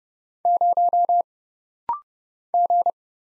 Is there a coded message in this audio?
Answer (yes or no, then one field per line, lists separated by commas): yes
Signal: Morse code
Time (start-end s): 0.5-2.9 s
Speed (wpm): 30 wpm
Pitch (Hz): 700 Hz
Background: none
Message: 0 G